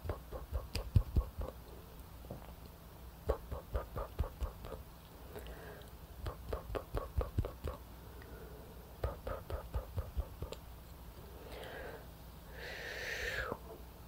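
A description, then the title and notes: Mouth sounds and hand movements: rapid wet clicks and smacks come in bursts of quick ticks, pausing briefly around five and eight seconds. Near the end a breathy blowing rush swells and fades, over a constant low hum in the background. ASMR PLUCKING YOUR ANXIETY & INSOMNIA WITH HAND MOVEMENTS, MOUTH SOUNDS,BLOWING,AND BACKGROUND NOISE.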